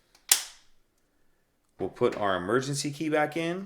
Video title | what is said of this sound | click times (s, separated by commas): How To Replace Nissan Altima Key Fob Battery 2016 - 2018 Change Replacement Remote Fob Key Batteries | get that snapped into place and now we can snap the two halves back together | 0.3 s